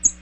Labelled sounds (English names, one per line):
American Redstart flight call